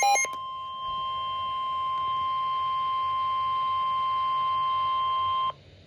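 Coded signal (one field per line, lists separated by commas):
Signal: Emergency Alert System (SAME) tones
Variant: 1050 Hz attention tone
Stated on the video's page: Severe Thunderstorm Warning received on NOAA Weather Radio.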